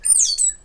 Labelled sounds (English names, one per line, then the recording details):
Stitchbird song
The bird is a male
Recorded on Tiritiri Matangi Island, New Zealand, in 2005
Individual 17, of nest box 25